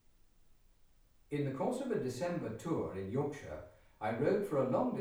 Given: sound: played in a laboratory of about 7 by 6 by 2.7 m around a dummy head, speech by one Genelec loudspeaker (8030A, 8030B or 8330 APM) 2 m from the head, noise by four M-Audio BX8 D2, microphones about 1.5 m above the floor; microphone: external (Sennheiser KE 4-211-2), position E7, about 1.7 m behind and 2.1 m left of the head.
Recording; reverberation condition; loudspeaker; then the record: male speech in English; medium; 60 degrees to the right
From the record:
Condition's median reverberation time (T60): about 510 ms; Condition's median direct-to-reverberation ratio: about -0.5 dB